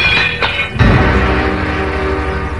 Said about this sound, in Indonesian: Maka tak ayal lagi, kendi dan cawan dari tanah berukir itu jatuh dan pecah berantakan. Airnya muncrat ke sana kemari.